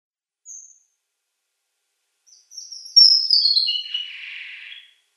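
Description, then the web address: Red avadavat song: a single high chirp, then a sweet descending twittered phrase ending in a lower, softer buzzy trill. "Schulze Peter Red Avadavat"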